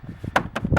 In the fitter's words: That's that locked into place.